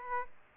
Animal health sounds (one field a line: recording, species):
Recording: mosquito wingbeat signal from an infrared sensor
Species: Aedes aegypti